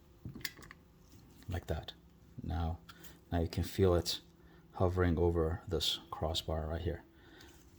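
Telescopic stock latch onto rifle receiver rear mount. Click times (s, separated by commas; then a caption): 0.5 s. A Neoteric Designs PDW-style telescopic stock is pushed onto the rear mount of a CZ Bren 2 rifle receiver, and its sliding latch gives a sharp click at 0.5 s, seating the stock in place. A few smaller ticks follow, then someone talks while the stock stays installed.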